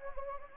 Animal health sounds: mosquito wingbeat signal from an infrared sensor; Anopheles gambiae

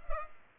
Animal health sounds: mosquito wingbeat signal from an infrared sensor; Culex pipiens

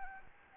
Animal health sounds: mosquito wingbeat signal from an infrared sensor; Anopheles arabiensis

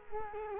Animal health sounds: mosquito wingbeat signal from an infrared sensor; Culex quinquefasciatus

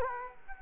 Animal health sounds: mosquito wingbeat signal from an infrared sensor; Culex quinquefasciatus

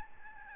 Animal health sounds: mosquito wingbeat signal from an infrared sensor; Aedes albopictus

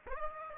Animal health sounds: mosquito wingbeat signal from an infrared sensor; Aedes aegypti

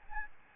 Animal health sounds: mosquito wingbeat signal from an infrared sensor; Aedes albopictus

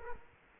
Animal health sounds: mosquito wingbeat signal from an infrared sensor; Culex quinquefasciatus

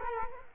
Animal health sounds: mosquito wingbeat signal from an infrared sensor; Culex quinquefasciatus

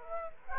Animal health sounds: mosquito wingbeat signal from an infrared sensor; Aedes aegypti

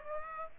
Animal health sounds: mosquito wingbeat signal from an infrared sensor; Aedes aegypti

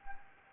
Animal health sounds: mosquito wingbeat signal from an infrared sensor; Anopheles gambiae

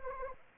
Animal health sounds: mosquito wingbeat signal from an infrared sensor; Anopheles arabiensis

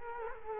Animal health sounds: mosquito wingbeat signal from an infrared sensor; Culex quinquefasciatus

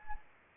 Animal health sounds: mosquito wingbeat signal from an infrared sensor; Anopheles arabiensis

